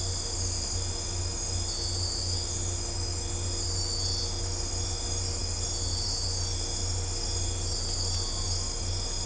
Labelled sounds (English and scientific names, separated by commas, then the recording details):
none
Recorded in dense forest near Puerto Asís, Putumayo, Colombia, on 22 December 2024 at 00:30
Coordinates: 0.503, -76.323
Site G043